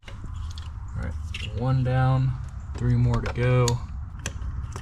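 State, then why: Released. An electrical connector is worked off an ignition coil pack while the ignition coils are being removed from the engine. Someone talks over soft mechanical handling noises, and a sharp little click at 4.3 s marks the connector clicking open and releasing so the part comes out.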